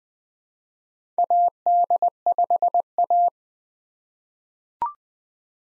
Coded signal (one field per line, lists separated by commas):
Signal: Morse code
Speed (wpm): 20 wpm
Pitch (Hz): 700 Hz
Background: none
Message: AD5A